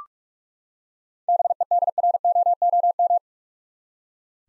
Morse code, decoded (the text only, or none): BEDROOM